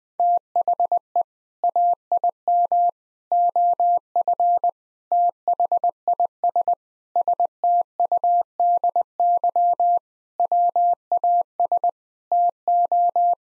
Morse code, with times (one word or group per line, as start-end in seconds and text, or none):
0.2-1.2 THE
1.6-2.9 AIM
3.3-4.7 OF
5.1-6.7 THIS
7.2-10.0 STUDY
10.4-11.9 WAS
12.3-13.3 TO